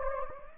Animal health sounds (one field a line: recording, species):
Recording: mosquito wingbeat signal from an infrared sensor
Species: Anopheles gambiae